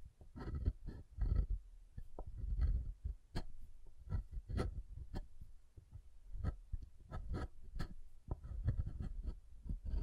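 Soap being tapped and carved, with sharp clicks and taps landing irregularly every fraction of a second across the whole ten seconds. Between the taps come dull, low scraping and thudding sounds, and several of the hits are brighter and crisper than the rest.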